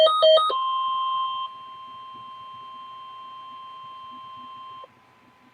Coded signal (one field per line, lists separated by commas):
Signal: Emergency Alert System (SAME) tones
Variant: 1050 Hz attention tone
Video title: Severe Thunderstorm Warning (EAS #1077)